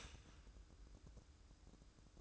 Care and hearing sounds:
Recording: daily activity, microphone in the room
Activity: start toaster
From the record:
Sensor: 2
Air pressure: 1006.9 hPa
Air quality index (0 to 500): 38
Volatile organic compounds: 1 ppm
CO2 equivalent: 535 ppm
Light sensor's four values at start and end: 6/14/6/6 and 6/14/6/6

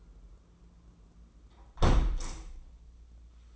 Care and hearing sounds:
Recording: daily activity, microphone in the room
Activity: close window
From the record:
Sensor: 1

